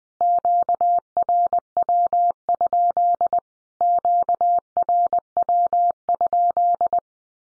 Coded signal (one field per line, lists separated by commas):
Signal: Morse code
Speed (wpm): 20 wpm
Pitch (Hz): 700 Hz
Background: none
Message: QRW? QRW?